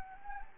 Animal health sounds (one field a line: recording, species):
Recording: mosquito wingbeat signal from an infrared sensor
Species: Anopheles gambiae